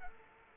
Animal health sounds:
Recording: mosquito wingbeat signal from an infrared sensor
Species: Culex quinquefasciatus

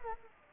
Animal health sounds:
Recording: mosquito wingbeat signal from an infrared sensor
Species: Anopheles arabiensis

